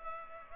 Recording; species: mosquito wingbeat signal from an infrared sensor; Culex pipiens